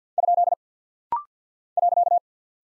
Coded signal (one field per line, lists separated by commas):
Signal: Morse code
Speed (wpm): 49 wpm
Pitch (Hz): 700 Hz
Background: none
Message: ? .